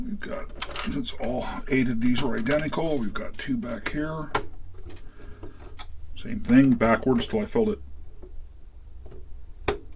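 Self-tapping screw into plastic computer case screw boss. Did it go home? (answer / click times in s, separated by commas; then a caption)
yes / 9.7 s. Someone talks while a self-tapping screw is turned backwards into a plastic screw boss of an Atari 800 computer case. At 9.7 s a sharp click sounds as the screw drops into the original thread and seats, a drop felt as much as heard.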